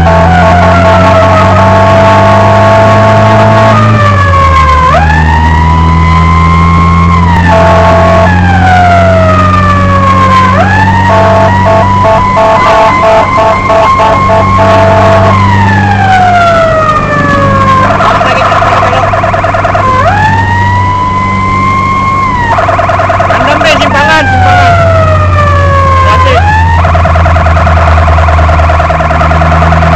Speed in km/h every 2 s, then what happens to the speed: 44, 51, 57, 60, 64, 68, 70, 70, 72, 72, 69, 70, 69, 62, 58.
0-11 speeds up to 70. 11-24 steady at about 70. 24-30 slows to 58.